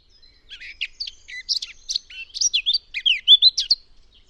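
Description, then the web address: Eurasian blackcap pouring out a quick, high warble of jumbled chirps that grows louder and ends in clearer fluty notes. "cianscape birddata Deverinetal 2025"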